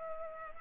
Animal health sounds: mosquito wingbeat signal from an infrared sensor; Culex pipiens

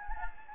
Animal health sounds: mosquito wingbeat signal from an infrared sensor; Anopheles gambiae

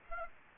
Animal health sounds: mosquito wingbeat signal from an infrared sensor; Aedes aegypti

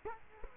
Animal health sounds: mosquito wingbeat signal from an infrared sensor; Culex quinquefasciatus

